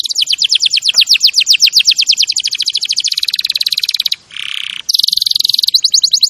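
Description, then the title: Canary song: sustained rapid trill of sweeping notes, a brief lower buzzy note, then more fast rattling trills. Champion canary song used as a master recording for training other birds. "Masteran Kenari Juara"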